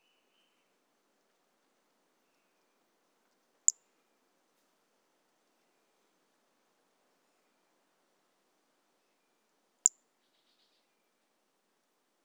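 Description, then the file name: Pumpkin toadlet: two isolated high, snappy notes around six seconds apart, the rest nearly silent. Individual 04, recorded 18 January 2018; specimen collected. "Brachycephalus mirissimus 18 jan 2018 individual 04 ex 04 A E Confetti collected MHNCI 10795"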